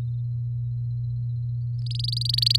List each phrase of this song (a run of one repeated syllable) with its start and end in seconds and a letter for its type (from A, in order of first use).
1.86-2.59 A